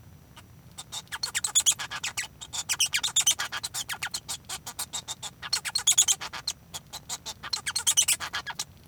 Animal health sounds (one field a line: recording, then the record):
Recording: song of a male Bengalese finch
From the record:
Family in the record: son of father 1